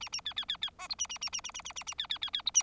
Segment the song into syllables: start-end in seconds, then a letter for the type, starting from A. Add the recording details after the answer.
0.01-0.09 A, 0.12-0.21 A, 0.25-0.34 B, 0.36-0.45 B, 0.48-0.57 B, 0.61-0.70 B, 0.78-0.88 C, 0.89-0.95 D, 0.98-1.07 A, 1.09-1.18 A, 1.21-1.30 A, 1.32-1.41 A, 1.44-1.51 A, 1.54-1.62 A, 1.65-1.73 A, 1.76-1.84 A, 1.86-1.94 A, 1.98-2.07 B, 2.09-2.18 B, 2.21-2.30 B, 2.33-2.42 B, 2.46-2.51 D, 2.54-2.63 A. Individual Bird4